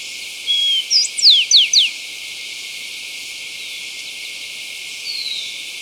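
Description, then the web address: Rufous-collared sparrow singing one phrase: a level whistle, then several rapid slurred, falling notes, followed later by a faint thin whistle amid background hiss. Ecuador. "Natures Songs S America Birds of Ecuador Rufous-Collared Sparrow"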